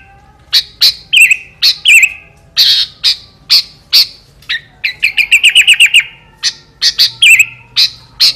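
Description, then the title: Sooty-headed bulbul song: loud, separate liquid notes dropping in pitch, then a quick series of about eight repeated bubbly chirps, and more single notes. Kutilang; a 'master' recording in the 'sangar' style with a 'halilintar' voice. "Kutilang Master Gaya Sangar Suara Halilintar"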